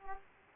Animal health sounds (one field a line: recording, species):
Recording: mosquito wingbeat signal from an infrared sensor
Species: Aedes aegypti